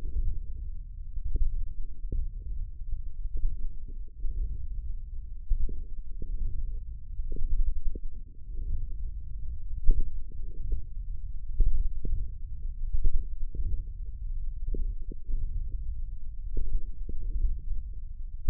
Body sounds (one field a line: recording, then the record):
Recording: forearm muscle sounds (acoustic myography)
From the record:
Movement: wrist extension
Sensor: system 1, eight BSWA MPA416 microphones around the upper forearm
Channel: 6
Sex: male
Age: 18 years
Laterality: right